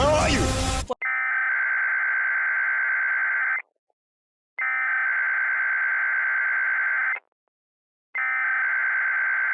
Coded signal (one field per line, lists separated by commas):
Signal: Emergency Alert System (SAME) tones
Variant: header bursts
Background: speech